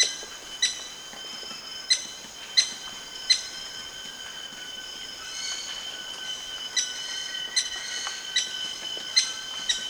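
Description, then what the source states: Maroon woodpecker sharp call notes, a few in a burst, a pause of several seconds, then more clicky notes, with a continuous high insect drone throughout. Recorded at Danum on 1 March 2008.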